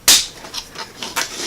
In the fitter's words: so let's put this back in there snap in place